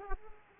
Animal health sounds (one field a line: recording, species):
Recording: mosquito wingbeat signal from an infrared sensor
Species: Aedes aegypti